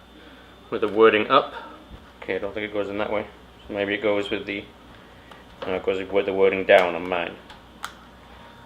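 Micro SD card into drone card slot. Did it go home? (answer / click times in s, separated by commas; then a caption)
yes / 7.9 s. A micro SD card is pushed into the card slot of a drone while someone talks. A single sharp tick at 7.8 s marks the card clicking into place, seated in the slot.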